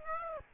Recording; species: mosquito wingbeat signal from an infrared sensor; Aedes aegypti